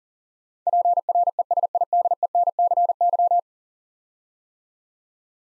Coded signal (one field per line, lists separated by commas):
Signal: Morse code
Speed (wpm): 38 wpm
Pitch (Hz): 700 Hz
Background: none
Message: PRESIDENCY